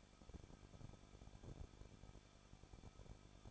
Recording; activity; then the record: daily activity, microphone in the room; no activity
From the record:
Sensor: 5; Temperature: 20.9 degrees Celsius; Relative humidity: 38.2%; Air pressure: 1006.4 hPa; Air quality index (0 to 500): 187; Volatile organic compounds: 18 ppm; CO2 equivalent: 2622 ppm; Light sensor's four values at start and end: 2/3/1/1 and 2/3/1/1